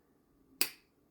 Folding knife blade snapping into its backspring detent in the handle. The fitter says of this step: And let's hear the snap.